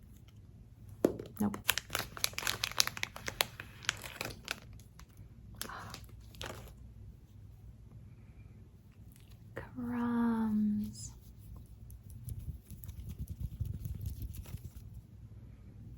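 Fast squishy and crinkly triggers: a dense run of sharp crinkling bursts fills the first seven seconds, then thins out. Around ten seconds a short rising squeak stands out, followed by softer rustling and a low steady hum underneath throughout.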